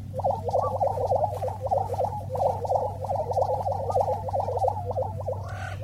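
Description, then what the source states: Lesser prairie chicken lek calls: rapid gobbling notes in a continuous chorus over a steady low hum. Half a dozen males on a lek (breeding ground) in short grass prairie, strutting with bulging orange neck air sacs, picking fights, trying to impress hens; birds convene at the same spots yearly.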